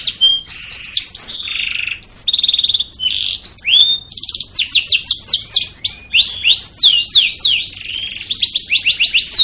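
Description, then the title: Domestic canary song: varied high notes, a buzzy held phrase, then fast downward-sweeping trills repeated in quick rolling series. "Kicauan Kenari BULLDOZER"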